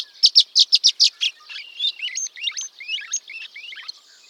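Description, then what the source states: Violet-green Swallow calls: a quick burst of seven loud, sharp chirps, then softer twittering with rising and falling slurred notes. Sweet, musical tweet, usually in series; lacks some of the harsher elements of the other swallows.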